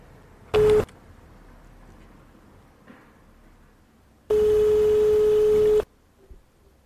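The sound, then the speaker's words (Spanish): A telephone busy tone sounds on an unanswered phone call: a short steady electronic beep, a pause, then a longer sustained tone of about a second and a half, loud and unchanging in pitch, with no voices. “Si no nos coge la llamada, pues voy a probar con Eva, a ver si está disponible.”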